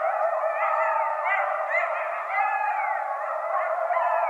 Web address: Coyote 2012 01 16 Coyotes. night-sounds coyotes